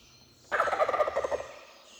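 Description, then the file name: Wild turkey gobble: a single loud, rapid, rattling burst of throaty notes lasting about one second, then fading into quiet background. "Wild Turkey - Meleagris gallopavo"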